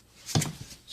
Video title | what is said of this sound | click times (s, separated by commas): How To Remove Door Panel for Mazda CX9 2007-2011 | snaps right in there | 0.4 s